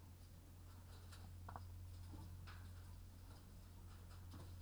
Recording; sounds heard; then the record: poultry house recording; sick chickens (respiratory disease)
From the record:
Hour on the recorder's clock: 22